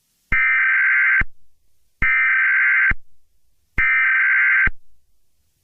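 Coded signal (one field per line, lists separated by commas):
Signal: Emergency Alert System (SAME) tones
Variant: header bursts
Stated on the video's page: Fictional corruption EAS scenario with glitch effects, simulated rather than a real broadcast.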